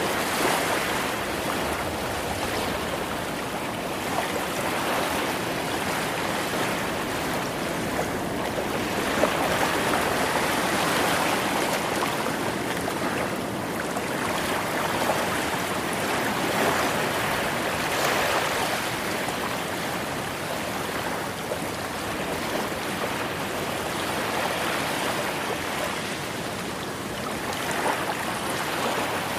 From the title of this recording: Secret Beach Ocean Waves White Noise